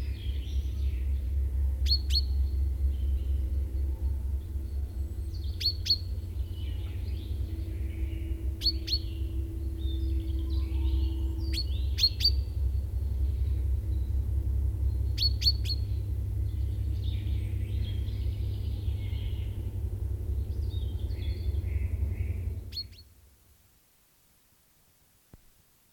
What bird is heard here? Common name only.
Common Chaffinch